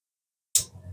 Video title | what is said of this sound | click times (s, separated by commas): Rimontiamo insieme il gruppo termico e testa Daytona190 | qua ha fatto Click | 0.6 s